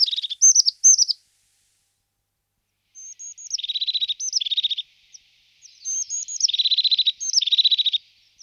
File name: Sykora parukarka Parus cristatus